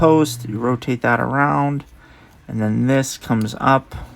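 Someone talks while rotating a plastic transforming piece of a Transformers One Quintesson High Commander toy figure around an inner post and bringing it up to lock into place. Only speech is heard, with no distinct click. Nothing has seated or clicked yet.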